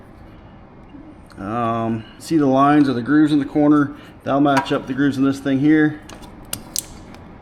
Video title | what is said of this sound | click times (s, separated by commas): Boost Auto Amber DRL module install on 2024 Chevy Silverado 2500 HD compatible with GMC 2500/3500 | All right, there you go. You can hear it snap. | 6.5 s, 6.8 s